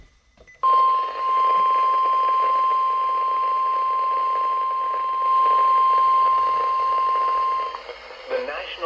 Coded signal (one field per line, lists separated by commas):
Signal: Emergency Alert System (SAME) tones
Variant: 1050 Hz attention tone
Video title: EAS #844 & #845 Severe Thunderstorm Warnings